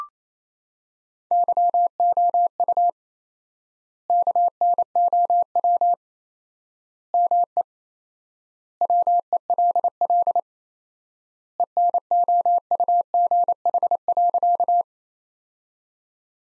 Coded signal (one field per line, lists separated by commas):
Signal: Morse code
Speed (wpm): 28 wpm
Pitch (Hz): 700 Hz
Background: none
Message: YOU KNOW ME WELL ENOUGH.